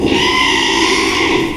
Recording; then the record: squeal of a Yucatan mini pig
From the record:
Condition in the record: after surgery on the right vocal fold (resection and tissue-engineered implant); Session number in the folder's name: 1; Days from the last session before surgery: 6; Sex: male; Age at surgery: 12 weeks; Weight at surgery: 13 kg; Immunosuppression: cyclosporine, prednisolone